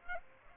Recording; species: mosquito wingbeat signal from an infrared sensor; Aedes aegypti